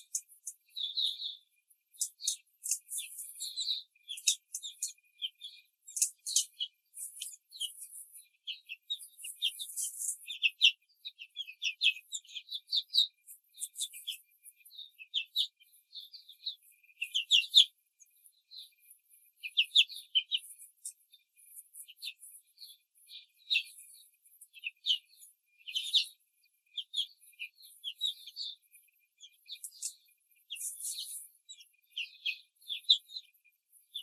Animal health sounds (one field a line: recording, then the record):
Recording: young laying hens in a cage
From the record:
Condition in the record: control cage, before the stress test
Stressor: none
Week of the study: 4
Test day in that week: 3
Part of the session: 3